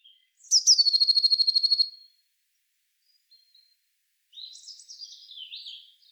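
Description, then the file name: Eurasian blue tit with a high pulsed churr call lasting over a second, followed after a pause by a scratchy series of thin, varied notes. "Cyanistes caeruleus"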